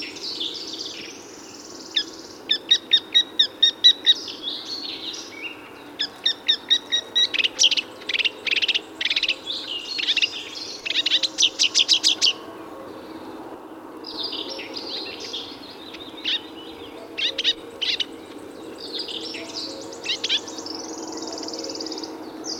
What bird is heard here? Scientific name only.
Acrocephalus palustris